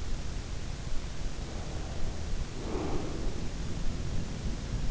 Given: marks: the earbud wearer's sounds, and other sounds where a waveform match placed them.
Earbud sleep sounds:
sounds in sleep by an in-ear microphone; breath
1.25-4.09 s: breath

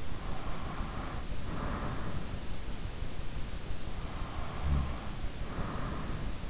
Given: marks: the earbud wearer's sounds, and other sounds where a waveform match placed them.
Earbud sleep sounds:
sounds in sleep by an in-ear microphone; breath, snoring breath
0.17-2.85 s: breath
4.27-6.43 s: snoring breath

